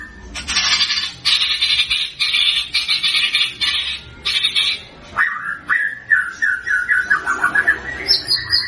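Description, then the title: White-rumped shama song: repeated harsh buzzy bursts, then a string of bright whistled notes stepping gradually downward. White-rumped shama singing prolifically (gacor), used as a lure to make other birds respond. "PANCINGAN MURAI BATU GACOR, LANGSUNG RESPON"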